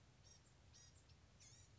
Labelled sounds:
Blue-gray Gnatcatcher
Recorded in Sonoma County, California

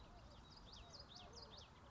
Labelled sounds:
Common Yellowthroat
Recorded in Sonoma County, California

